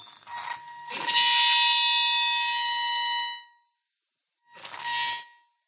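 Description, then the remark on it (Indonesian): A telephone rings from an incoming call with an electronic, bright tone: a short chirp, then a long sustained ring, a pause, and another shorter ring. Fairly loud, with no voices over it. “Ada penelpon Ustaz. Silakan.”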